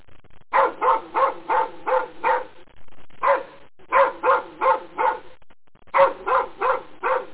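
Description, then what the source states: Dogs barking in three quick bursts of several sharp barks each, with short pauses between bursts. Two dogs.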